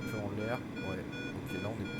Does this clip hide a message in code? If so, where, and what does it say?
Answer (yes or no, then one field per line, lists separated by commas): no